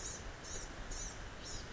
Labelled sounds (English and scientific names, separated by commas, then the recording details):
Blue-gray Gnatcatcher (Polioptila caerulea)
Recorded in Sonoma County, California